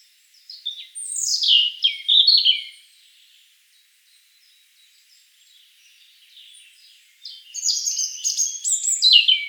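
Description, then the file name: European robin giving two separate song phrases, each a cascade of high descending whistles and twittering notes, separated by several seconds of near silence. "Erithacus rubecula"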